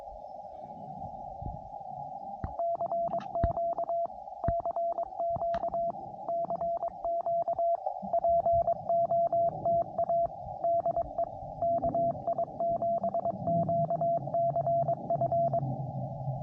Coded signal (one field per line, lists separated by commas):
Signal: Morse code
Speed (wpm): 23 wpm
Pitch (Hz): 680 Hz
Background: radio noise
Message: CQ CQ CQ POTA DE KI7QCF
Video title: 100% Homebrew POTA Activation